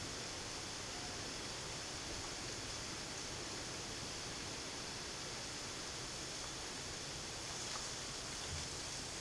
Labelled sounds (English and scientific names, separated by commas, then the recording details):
none
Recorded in pastures near Puerto Asís, Putumayo, Colombia, on 21 March 2025 at 12:30
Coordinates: 0.487, -76.322
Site G077